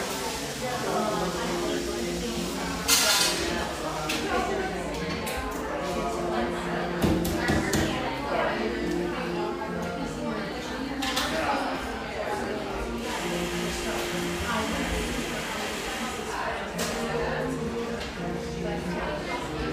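Murmured conversation fills a neighborhood espresso shop in Portland, Oregon, a steady, dense blend of overlapping voices. Dishes and cutlery clink now and then, with sharper bright clatters around three, seven, eleven and seventeen seconds, over a low constant hum.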